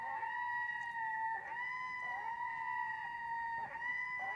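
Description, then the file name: Red-throated diver wailing: long, sustained, slightly wavering tones held for several seconds with only brief breaks, steady and drawn out over a quiet background. A pair calling to one another, possibly in mating season, on a very large, echoing loch in Shetland; calm, windless conditions. "david-tombs red-throated-divers"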